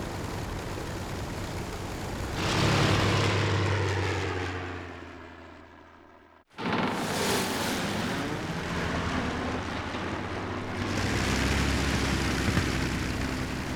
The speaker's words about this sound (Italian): Ma dai, è un aereo turistico in giro sulle isole.